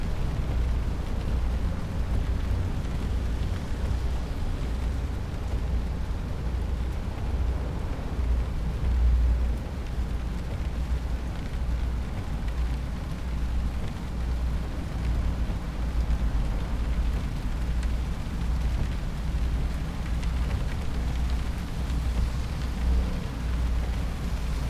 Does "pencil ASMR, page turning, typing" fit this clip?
no